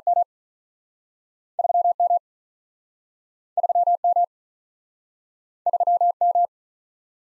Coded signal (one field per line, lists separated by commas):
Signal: Morse code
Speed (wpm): 48 wpm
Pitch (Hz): 700 Hz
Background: none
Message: M 3 M 3 M 3 M